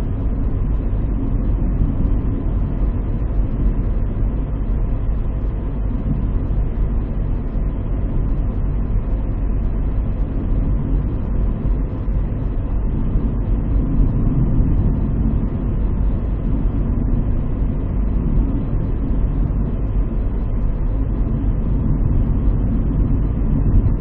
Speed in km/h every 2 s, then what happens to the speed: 56, 56, 55, 56, 56, 55, 56, 56, 56, 56, 56, 55.
0-24 steady at about 56.